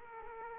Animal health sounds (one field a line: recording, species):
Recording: mosquito wingbeat signal from an infrared sensor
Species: Aedes aegypti